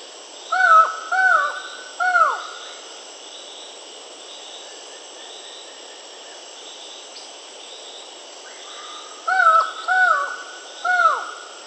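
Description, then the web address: Buckley's forest falcon calling in a series of three loud, down-slurred notes, the group repeated after a pause of about seven seconds. South America. "Natures Songs S America Buckley's Forest-Falcon"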